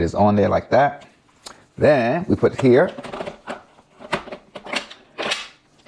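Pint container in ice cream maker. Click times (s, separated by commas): 4.1 s, 4.8 s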